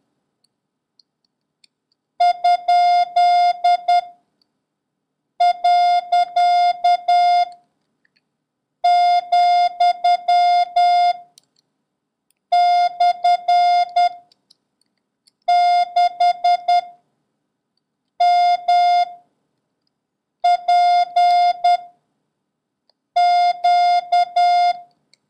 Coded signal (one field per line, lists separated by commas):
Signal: Morse code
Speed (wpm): 10 wpm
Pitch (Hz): 710 Hz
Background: none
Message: ? . , / 6 M P Q